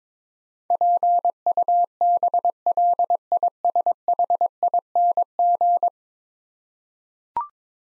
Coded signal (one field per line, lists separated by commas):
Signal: Morse code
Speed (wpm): 23 wpm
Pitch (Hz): 700 Hz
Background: none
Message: PUBLISHING